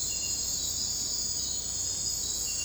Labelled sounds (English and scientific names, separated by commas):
none